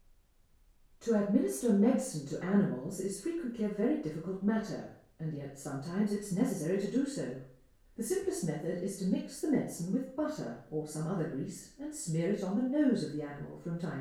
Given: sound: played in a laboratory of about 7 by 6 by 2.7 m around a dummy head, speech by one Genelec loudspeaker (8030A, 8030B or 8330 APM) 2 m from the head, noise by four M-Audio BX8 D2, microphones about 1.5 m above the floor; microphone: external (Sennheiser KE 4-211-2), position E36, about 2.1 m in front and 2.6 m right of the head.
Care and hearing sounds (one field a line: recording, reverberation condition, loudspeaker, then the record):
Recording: female speech in English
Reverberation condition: medium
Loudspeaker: 60 degrees to the right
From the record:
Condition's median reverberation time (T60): about 510 ms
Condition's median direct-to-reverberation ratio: about -0.5 dB